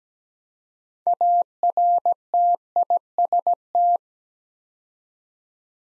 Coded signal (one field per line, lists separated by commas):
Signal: Morse code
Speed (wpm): 17 wpm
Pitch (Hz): 700 Hz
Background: none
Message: ARTIST